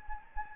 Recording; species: mosquito wingbeat signal from an infrared sensor; Anopheles gambiae